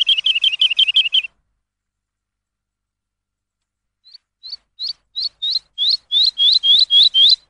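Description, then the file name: Lark song: a quick burst of about eight high chirps, a pause of nearly three seconds, then a series of short rising notes that grow louder and faster. Recording used for training songbirds. "suara masteran lark"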